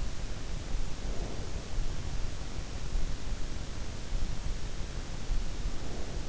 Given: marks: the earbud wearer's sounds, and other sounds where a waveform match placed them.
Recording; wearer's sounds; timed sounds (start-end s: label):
sounds in sleep by an in-ear microphone; breath
0.85-1.87 s: breath
5.56-6.29 s: breath